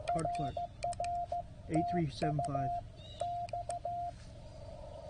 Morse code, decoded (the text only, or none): RR TU X